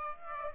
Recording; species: mosquito wingbeat signal from an infrared sensor; Aedes aegypti